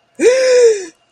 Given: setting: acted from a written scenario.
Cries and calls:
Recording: vocal sound without words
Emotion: negative surprise

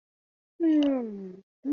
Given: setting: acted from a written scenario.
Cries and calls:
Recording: vocal sound without words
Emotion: awe

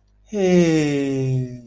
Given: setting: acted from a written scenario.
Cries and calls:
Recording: vocal sound without words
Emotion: realization

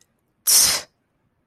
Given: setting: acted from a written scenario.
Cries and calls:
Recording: vocal sound without words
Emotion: contempt

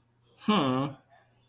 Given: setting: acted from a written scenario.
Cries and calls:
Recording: vocal sound without words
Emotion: adoration

